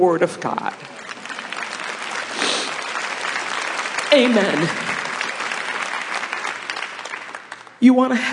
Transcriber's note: applause